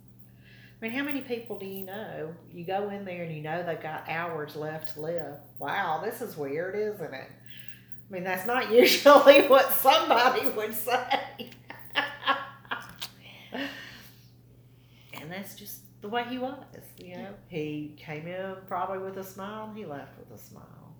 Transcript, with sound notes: I mean, how many people do you know, you go in there and you know they’ve got hours left to live, “Wow, this is weird, isn’t it?” I mean, that’s not usually what somebody would say! (laughter) And that’s just the way he was. He — you know, he came in, probably, with a smile and he left with a smile.